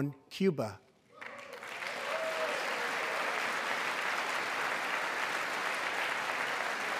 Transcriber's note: applause